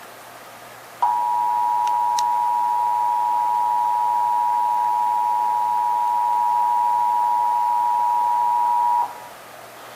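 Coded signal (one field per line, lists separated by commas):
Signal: Emergency Alert System (SAME) tones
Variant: 853 and 960 Hz attention tone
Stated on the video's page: Texas required monthly test, heard on several Dallas–Fort Worth radio and TV stations.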